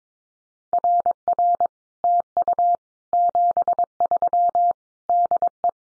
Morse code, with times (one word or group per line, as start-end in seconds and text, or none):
0.7-1.7 RR
2.0-2.8 TU
3.1-4.7 73
5.1-5.7 DE